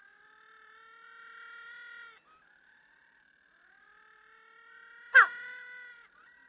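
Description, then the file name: Little penguin calls, quiet: two long even tonal moans separated by a pause, the second broken by one sharp loud burst. Recorded at St Kilda Breakwater on 21 November 2009. "20091121 Little Penguin calls at St Kilda Breakwater"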